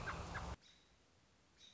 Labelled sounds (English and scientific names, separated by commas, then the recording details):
American Robin (Turdus migratorius)
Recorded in Sonoma County, California